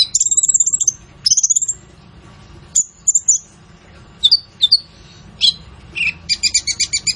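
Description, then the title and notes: Van Hasselt's sunbird song: rapid high buzzy trills in short bursts, then scattered sharp chirps and a closing run of quick metallic notes. Masteran (training recording for songbirds), loud, persistent singing with rich fill-in phrases and bursts, suited to prompting other birds to sing. "MASTERAN KOLIBRI NINJA FULL ISIAN DAN TEMBAKAN COCOK BUAT PANCINGAN. Suara Burung Kolibri Ninja Gacor"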